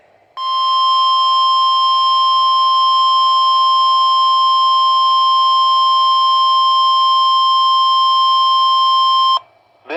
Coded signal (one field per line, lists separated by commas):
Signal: Emergency Alert System (SAME) tones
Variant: 1050 Hz attention tone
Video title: Required Weekly Test - EAS Alert from 5/28/24 #62